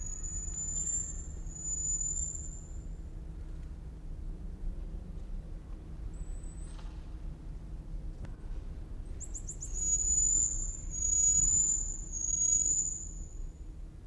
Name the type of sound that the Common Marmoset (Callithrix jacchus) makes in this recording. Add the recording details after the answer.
call. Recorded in captivity. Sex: diverse. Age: diverse. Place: Zoo Berlin, Berlin, DE. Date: 1994-07-16 13:22. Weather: sonnig, 22-26°C. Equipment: Marantz CP 430, Sennheiser ME 80, Kopie Uher Variocord 263. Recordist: Tembrock, Günter